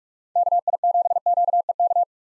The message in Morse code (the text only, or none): KI7QEK